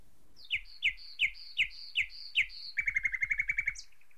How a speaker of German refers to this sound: Eine Nachtigall? Nein, ein Tagvogel.